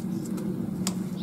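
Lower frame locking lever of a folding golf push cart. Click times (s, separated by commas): 0.9 s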